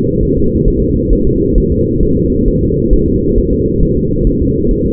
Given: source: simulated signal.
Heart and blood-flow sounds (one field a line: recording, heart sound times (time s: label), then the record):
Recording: fetal heart sounds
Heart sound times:
0.23 s: S1
0.37 s: S2
0.68 s: S1
0.82 s: S2
1.13 s: S1
1.27 s: S2
1.58 s: S1
1.72 s: S2
2.03 s: S1
2.17 s: S2
2.48 s: S1
2.63 s: S2
2.93 s: S1
3.08 s: S2
3.38 s: S1
3.53 s: S2
3.83 s: S1
3.97 s: S2
4.27 s: S1
4.41 s: S2
4.71 s: S1
4.86 s: S2
From the record:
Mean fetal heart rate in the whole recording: 135 bpm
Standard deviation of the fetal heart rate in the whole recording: 3 bpm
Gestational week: 36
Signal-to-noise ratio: -15.3 dB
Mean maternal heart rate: 72 bpm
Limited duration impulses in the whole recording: present